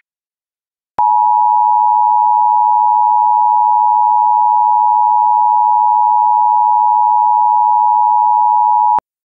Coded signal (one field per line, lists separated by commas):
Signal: Emergency Alert System (SAME) tones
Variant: 853 and 960 Hz attention tone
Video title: EAS Child Abduction Emergency (AMBER Alert) Western Wisconsin Regional Alert (Holcombe, WI)